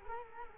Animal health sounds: mosquito wingbeat signal from an infrared sensor; Culex quinquefasciatus

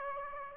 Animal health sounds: mosquito wingbeat signal from an infrared sensor; Aedes aegypti

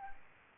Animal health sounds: mosquito wingbeat signal from an infrared sensor; Aedes aegypti

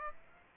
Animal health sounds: mosquito wingbeat signal from an infrared sensor; Aedes aegypti

